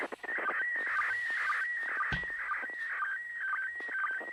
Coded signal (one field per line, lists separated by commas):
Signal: SSTV (slow-scan television)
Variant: PD 120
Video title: Live ISS SSTV pass